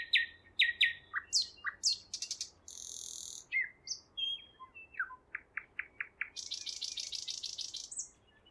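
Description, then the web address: Nightingale delivering varied phrases of loud chops, a harsh buzz, sliding whistles and a string of short notes, ending in a long rasping trill. Singing at Roslawien on 13 May 2016. "slowik-spiew-slowika-roslawien-13052016"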